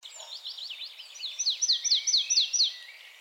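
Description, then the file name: Marsh tit: a quick string of crisp, high, downslurred notes, growing louder toward the end. "Poecile palustris"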